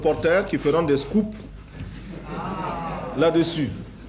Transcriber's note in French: rires dans la salle